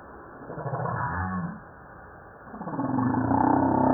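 Humpback whale song: a low, wavering moan that rises and falls, then a pause, followed by droning tonal units that swell in strength.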